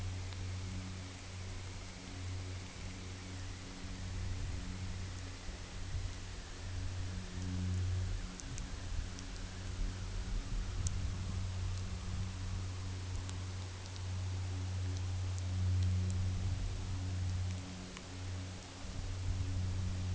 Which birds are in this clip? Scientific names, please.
none